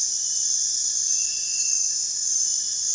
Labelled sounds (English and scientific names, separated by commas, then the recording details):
none
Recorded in dense forest near Puerto Asís, Putumayo, Colombia, on 23 June 2025 at 23:30
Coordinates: 0.468, -76.322
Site GP03